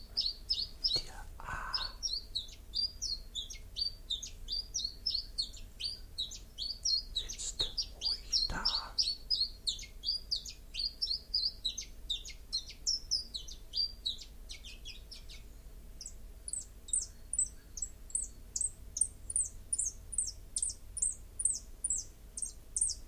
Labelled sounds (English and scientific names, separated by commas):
Common Chiffchaff (Phylloscopus collybita) song